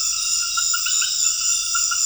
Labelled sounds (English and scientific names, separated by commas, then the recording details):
none
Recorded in dense forest near Puerto Asís, Putumayo, Colombia, on 4 March 2025 at 20:00
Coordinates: 0.484, -76.325
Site G045